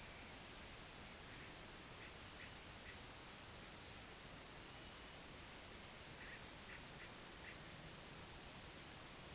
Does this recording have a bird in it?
no